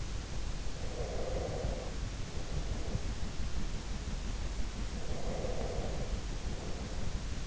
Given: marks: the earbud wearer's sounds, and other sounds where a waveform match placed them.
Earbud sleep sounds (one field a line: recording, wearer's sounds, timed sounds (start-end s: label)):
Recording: sounds in sleep by an in-ear microphone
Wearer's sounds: breath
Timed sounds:
0.84-3.38 s: breath
4.81-7.47 s: breath